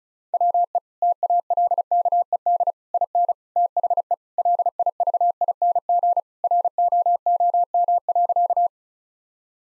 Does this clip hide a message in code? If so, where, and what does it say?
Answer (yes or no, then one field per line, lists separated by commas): yes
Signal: Morse code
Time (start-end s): 0.3-8.7 s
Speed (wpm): 36 wpm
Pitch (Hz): 700 Hz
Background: none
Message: WE TALKED IN THE LIVING ROOM.